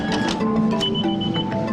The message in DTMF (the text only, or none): none